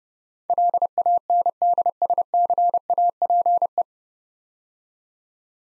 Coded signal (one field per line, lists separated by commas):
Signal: Morse code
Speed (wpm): 30 wpm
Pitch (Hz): 700 Hz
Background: none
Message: LANDSCAPE